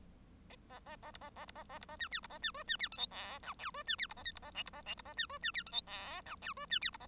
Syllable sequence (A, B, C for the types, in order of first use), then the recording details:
A A A B A A B A A B A C D B A C E C D F G H I J E C D B A K B A L B A L B A C E C D F G H I J E C D B A. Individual Bird1